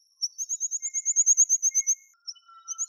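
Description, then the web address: Tree pipit giving a thin, very high rapid trill of many evenly spaced notes, then a short pause and lower, drawn-out notes. "Anthus trivialis"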